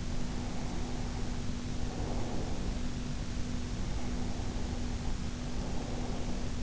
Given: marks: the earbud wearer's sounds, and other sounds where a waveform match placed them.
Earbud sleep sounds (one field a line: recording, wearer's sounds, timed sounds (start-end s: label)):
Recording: sounds in sleep by an in-ear microphone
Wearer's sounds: breath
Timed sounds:
0.29-2.92 s: breath
3.66-6.63 s: breath